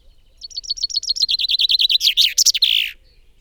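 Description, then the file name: Common chaffinch song: a fast, even series of sweet notes speeding into a descending rattle and ending in a brief flourish, about two and a half seconds long. "Fringilla coelebs"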